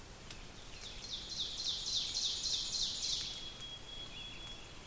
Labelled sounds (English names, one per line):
Ovenbird song